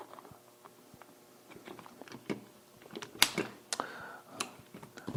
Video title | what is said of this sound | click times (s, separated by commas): Barb-Tech "Third Hand" Bench Mount Support Built for Slippery Hoses | Um and there's a little bit of a detent. Um so you can you can hear them click into place. | 3.2 s